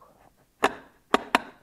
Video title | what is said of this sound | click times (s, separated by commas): Painelaakerin välyksen mittaus BMW ZF vaihteistoista | se loksahtaa paikalleen ja | 1.1 s, 1.4 s